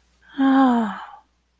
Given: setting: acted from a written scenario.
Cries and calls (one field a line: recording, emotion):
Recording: vocal sound without words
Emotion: serenity